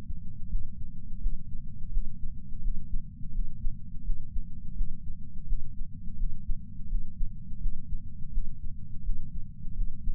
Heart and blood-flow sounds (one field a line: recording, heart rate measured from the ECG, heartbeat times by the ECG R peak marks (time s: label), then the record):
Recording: heart sounds by patch sensor on the chest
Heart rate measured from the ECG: 84 bpm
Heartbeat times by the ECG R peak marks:
0.48 s: heartbeat
1.19 s: heartbeat
1.90 s: heartbeat
2.61 s: heartbeat
3.31 s: heartbeat
4.03 s: heartbeat
4.74 s: heartbeat
5.46 s: heartbeat
6.16 s: heartbeat
6.87 s: heartbeat
7.59 s: heartbeat
8.31 s: heartbeat
9.03 s: heartbeat
9.74 s: heartbeat
From the record:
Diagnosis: coronary artery disease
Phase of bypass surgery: postoperative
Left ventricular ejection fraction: 62.1%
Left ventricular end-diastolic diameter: 45 mm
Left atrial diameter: 35 mm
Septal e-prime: 9.8 cm/s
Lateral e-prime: 10.5 cm/s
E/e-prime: 7.1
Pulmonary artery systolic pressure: 25 mmHg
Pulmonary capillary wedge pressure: 8 mmHg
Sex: male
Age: 58 years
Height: 172 cm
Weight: 75 kg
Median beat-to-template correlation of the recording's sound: 0.93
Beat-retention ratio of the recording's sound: 0.99